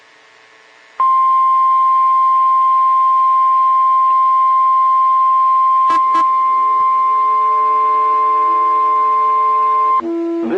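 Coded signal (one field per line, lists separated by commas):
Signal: Emergency Alert System (SAME) tones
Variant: 1050 Hz attention tone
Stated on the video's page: Required Weekly Test from NOAA weather radio transmitter KHB37.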